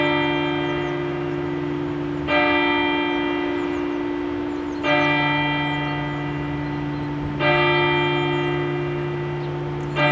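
Church bells toll in a slow, regular pattern, with a new strike about every two and a half seconds, near 2.3, 4.9, 7.4 and 10 seconds. Each stroke swells and then hums on, its low ringing tones overlapping the next. A faint steady background hiss runs underneath.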